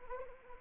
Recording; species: mosquito wingbeat signal from an infrared sensor; Anopheles arabiensis